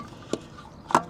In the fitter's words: plunk it in there. When it locks into place, it turns the key and you can remove the key.